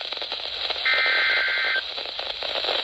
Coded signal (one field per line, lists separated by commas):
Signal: Emergency Alert System (SAME) tones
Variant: header bursts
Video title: WITH NEW SEASONS COMES NEW RISKS - EAS Alerts from 11/27 - 11/30/22 (EAS #724 - 740)